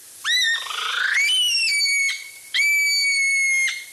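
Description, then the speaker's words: Okarito brown kiwi call, two long shrill whistles separated by a short gap, the first rising before levelling off. Species from New Zealand; described as an unsettling sound. "That unsettling sound is the call of the Okarito brown kiwi."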